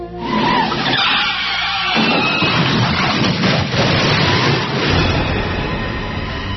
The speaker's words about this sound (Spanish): No estoy segura de lo que ha pasado. Solo recuerdo un coche chocando frontalmente.